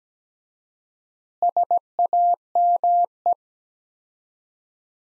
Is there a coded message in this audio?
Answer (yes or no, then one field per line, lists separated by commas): yes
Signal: Morse code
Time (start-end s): 1.4-3.3 s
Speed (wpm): 17 wpm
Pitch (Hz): 700 Hz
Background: none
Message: SAME